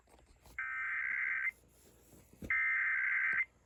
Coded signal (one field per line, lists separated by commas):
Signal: Emergency Alert System (SAME) tones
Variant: header bursts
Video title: OKLAHOMA TESTED TWICE... EAS Tests from June 2024 (EAS #4,471 - 4,532)